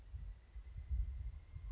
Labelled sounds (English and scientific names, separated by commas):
Pileated Woodpecker (Dryocopus pileatus)